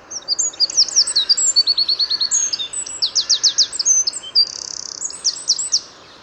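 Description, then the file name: Eurasian wren with a vigorous, very high song of rapid notes, crisp trills and a short buzzy rattle, sustained for nearly six seconds. "Troglodytes troglodytes"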